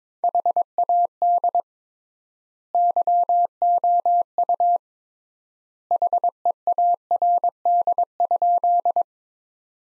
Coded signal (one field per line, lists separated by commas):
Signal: Morse code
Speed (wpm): 22 wpm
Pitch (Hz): 700 Hz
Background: none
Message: HAD YOU HEARD?